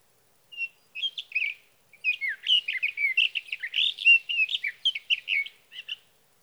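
Sage thrasher song: a few short phrases, then a long, fast, continuous warble of varied whistled and slurred notes.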